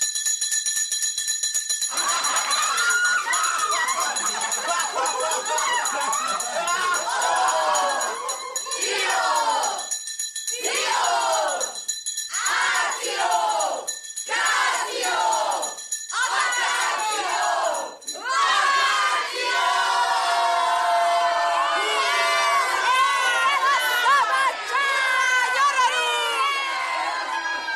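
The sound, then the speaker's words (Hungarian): A school bell rings steadily at the end of a lesson under the first half while schoolchildren shout and yell in loud surging bursts, then the racket settles into continuous overlapping chatter and cries. “Tehát fillér tanár úr az utolsó percig magyarázott, és amikor a csengetés felhangzott, nagy ricsaj tört ki.”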